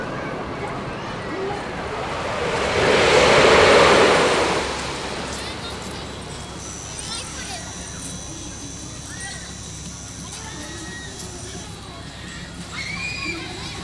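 A crowd murmurs steadily in an amusement park, with voices blending into a constant outdoor hum. Around three to four seconds a loud rushing swell rises and fades, and later a thin high whine holds for several seconds over the chatter.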